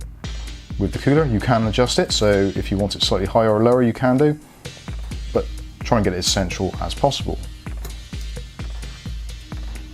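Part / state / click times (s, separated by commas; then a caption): fan retention spring clips onto CPU cooler heatsink / not seated / none. A fan is lined up and handled against the metal fins of a Noctua NH-U12S CPU cooler heatsink, with its two wire spring retention clips not yet pulled over, while someone talks over background music and a few light taps sound. Nothing has seated or clicked yet.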